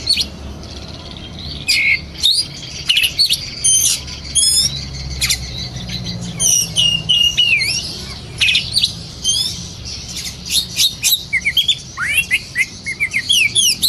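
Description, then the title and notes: Oriental magpie-robin song, scattered high whistles and sharp chirps over a steady low rumbling background, with quicker rising notes toward the end. Long-duration magpie-robin singing meant as tutor material for training birds to sing actively day and night. "Kacer Jadi Gacor Siang Malam. Isian Kacer Durasi Panjang"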